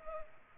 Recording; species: mosquito wingbeat signal from an infrared sensor; Culex pipiens